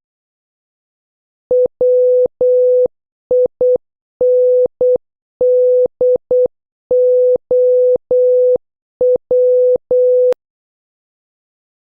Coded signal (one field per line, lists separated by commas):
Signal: Morse code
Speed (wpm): 8 wpm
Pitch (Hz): 500 Hz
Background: none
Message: WINDOW